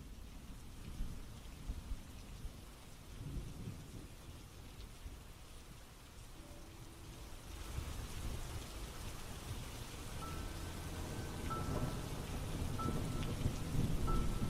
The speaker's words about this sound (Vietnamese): Đi được một lúc, trời đột nhiên ầm ầm đổ mưa.